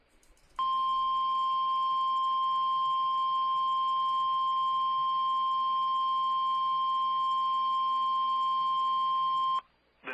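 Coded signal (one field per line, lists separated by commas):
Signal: Emergency Alert System (SAME) tones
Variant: 1050 Hz attention tone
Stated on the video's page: Many EAS alerts captured during a severe weather slight-risk day.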